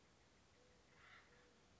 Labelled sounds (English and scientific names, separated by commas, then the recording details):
Acorn Woodpecker (Melanerpes formicivorus)
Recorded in Sonoma County, California